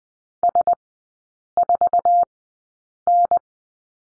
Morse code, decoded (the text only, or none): S4N